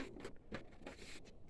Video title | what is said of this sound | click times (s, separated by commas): DTF printer L1800 repair No. 2 (part 2) | pops right in | 0.6 s